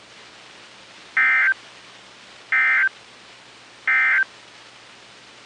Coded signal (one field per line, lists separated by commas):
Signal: Emergency Alert System (SAME) tones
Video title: EAS 1676-1685 (4/13/22)